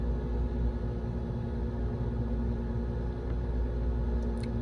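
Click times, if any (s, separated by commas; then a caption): 4.4 s. An installation tool (T-54933-2) pushes a size 20 bullet blind-mate RF adapter (54033-009B) onto a surface-mount connector (55053-005J) against a steady low rumble. A small, sharp click at 4.4 s marks the bullet seating on the connector.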